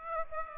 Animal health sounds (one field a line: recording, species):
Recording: mosquito wingbeat signal from an infrared sensor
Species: Aedes aegypti